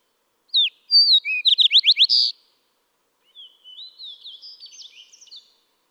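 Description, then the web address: Fox Sparrow song: a loud burst of whistles and fast sweeps, then a softer warbled phrase about a second later. "birdsongforthecurious songs Fox Sparrow"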